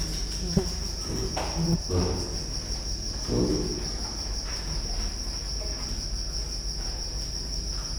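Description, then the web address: Cricket giving a continuous high-pitched trill, steady and unbroken throughout, over a low rumbling background with a few soft knocks and thumps. Recorded at Győr zoo in 2014, near electrical equipment. "allathangok gyorizoo 2014. tucsok"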